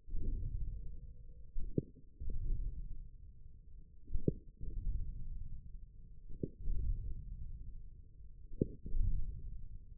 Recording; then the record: forearm muscle sounds (acoustic myography)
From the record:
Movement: ulnar deviation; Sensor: system 1, eight BSWA MPA416 microphones around the upper forearm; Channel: 7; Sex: male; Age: 41 years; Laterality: right